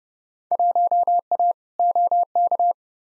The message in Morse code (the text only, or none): 1A OK